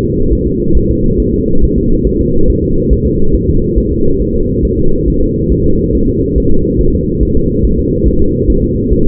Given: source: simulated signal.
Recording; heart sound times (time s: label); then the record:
fetal heart sounds
0.04 s: S2
0.33 s: S1
0.47 s: S2
0.77 s: S1
0.91 s: S2
1.20 s: S1
1.34 s: S2
1.64 s: S1
1.78 s: S2
2.07 s: S1
2.21 s: S2
2.50 s: S1
2.64 s: S2
2.93 s: S1
3.07 s: S2
3.35 s: S1
3.49 s: S2
3.78 s: S1
3.92 s: S2
4.21 s: S1
4.35 s: S2
4.65 s: S1
4.79 s: S2
5.08 s: S1
5.22 s: S2
5.52 s: S1
5.66 s: S2
5.95 s: S1
6.09 s: S2
6.38 s: S1
6.52 s: S2
6.81 s: S1
6.95 s: S2
7.23 s: S1
7.37 s: S2
7.65 s: S1
7.79 s: S2
8.07 s: S1
8.22 s: S2
8.50 s: S1
8.64 s: S2
8.92 s: S1
9.07 s: S2
From the record:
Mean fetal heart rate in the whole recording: 140 bpm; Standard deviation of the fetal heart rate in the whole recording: 2 bpm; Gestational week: 34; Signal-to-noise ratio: -17.7 dB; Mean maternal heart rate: 72 bpm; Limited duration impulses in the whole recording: present